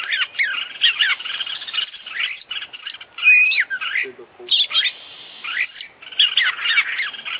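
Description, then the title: Oriental magpie-robin song, a dense continuous stream of fast warbling, twisting whistles and chatters with brief gaps, plus a few low notes in the middle. Champion contest Oriental magpie-robin from the Indonesian songbird hobby; full 'isian' song, meaning the complete set of song phrases, recorded for training birds. "Full Isian Juara Internasional Burung KACER Gacor"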